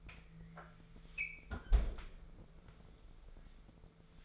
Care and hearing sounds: daily activity, microphone in the room; close fridge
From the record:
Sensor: 5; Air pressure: 1015.0 hPa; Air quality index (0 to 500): 182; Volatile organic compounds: 7 ppm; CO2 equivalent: 1999 ppm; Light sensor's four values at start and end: 51/118/49/51 and 47/109/46/48

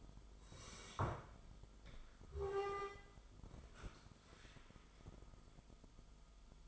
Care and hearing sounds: daily activity, microphone in the room; sit down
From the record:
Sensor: 5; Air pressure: 1005.4 hPa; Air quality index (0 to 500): 106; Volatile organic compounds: 2 ppm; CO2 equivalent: 1296 ppm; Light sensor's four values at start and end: 34/79/31/30 and 34/79/31/30

